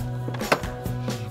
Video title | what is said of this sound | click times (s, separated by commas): Barbie Pet Care Center Demo Video - @Barbie | put these two sides together and make sure you hear a click | 0.5 s